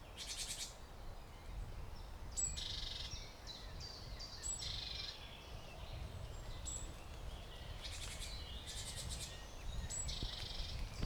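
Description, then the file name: Great tit with repeated scratchy churring bursts, each paired with a brief high tonal note, recurring every second or two over steady low rumble. "Parus major"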